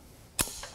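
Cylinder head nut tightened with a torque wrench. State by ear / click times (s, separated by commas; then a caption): torque reached / 0.4 s. A torque wrench tightens a nut on the second cylinder head of a 2CV / Méhari engine in a first tightening pass at 0.5 kg. After a quiet stretch, a single sharp, bright snap at 0.4 s marks the wrench breaking over at its setting, followed by a fainter tick around 0.6 s as the sound fades.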